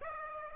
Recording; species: mosquito wingbeat signal from an infrared sensor; Aedes aegypti